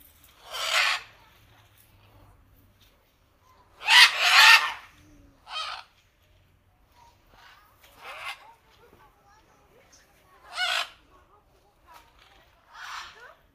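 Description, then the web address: Macaw calls, harsh loud squawks repeated irregularly, some short and clipped, others drawn out. Recorded 19 September 2007. "pdsounds 2007 09 19 Aras"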